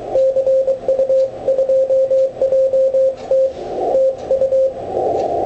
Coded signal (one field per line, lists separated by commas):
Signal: Morse code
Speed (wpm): 23 wpm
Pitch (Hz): 530 Hz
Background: radio noise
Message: CU2JT TU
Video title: CU2JT Azores 6m Sporadic Es Strong CW